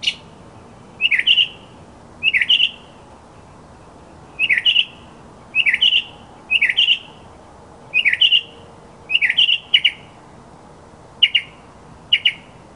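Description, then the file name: Northern mockingbird song: paired, slurred whistled notes delivered in bouts roughly every second or two, each phrase repeated several times. "kicauan burung northern mockingbird. omkicau"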